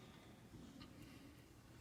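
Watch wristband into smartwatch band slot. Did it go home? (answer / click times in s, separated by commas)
no / none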